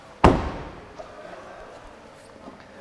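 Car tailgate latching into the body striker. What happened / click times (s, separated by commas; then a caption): The tailgate slammed shut and latched / 0.2 s. The tailgate of a 2020 Daihatsu Ayla is slammed hard shut by a helper to test whether air pressure inside the cabin pushes it back open. It hits with one loud slam at 0.2 s and latches into the body striker, then the sound fades. The rear hatch stays latched.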